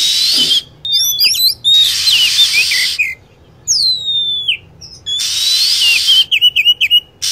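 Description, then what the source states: Lovebird calls: sharp, high chirps sweeping downward, alternating with bursts of loud, hissing, screechy chatter, in a rapid irregular sequence. Lure sound used for attracting lovebirds.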